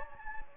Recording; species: mosquito wingbeat signal from an infrared sensor; Anopheles gambiae